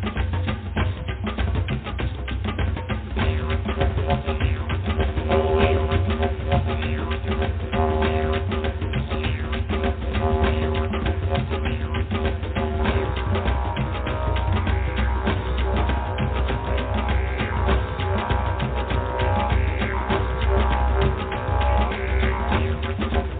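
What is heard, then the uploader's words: Drumming at a steady, dense pace, with rapid hits running together and no pauses across the whole stretch. The sound is heavy and low, dull on top, with a faint droning tone held underneath throughout. Loudness stays even from start to finish. DRUMMING.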